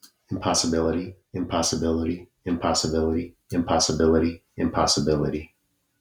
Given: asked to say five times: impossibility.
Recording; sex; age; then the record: repeated word; male; 40 to 49 years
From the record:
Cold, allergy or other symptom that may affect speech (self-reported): no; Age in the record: 47 years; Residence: Montana, United States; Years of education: 17